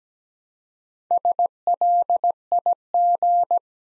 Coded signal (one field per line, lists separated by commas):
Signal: Morse code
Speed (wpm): 17 wpm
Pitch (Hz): 700 Hz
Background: none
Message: SLIG